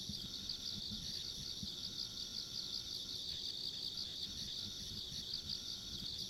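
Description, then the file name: High, fast-pulsed insect trills running continuously, layered callers, over a soft rumbling low background. Ambient insect sounds along a rural country road. "田舎道の虫の環境音"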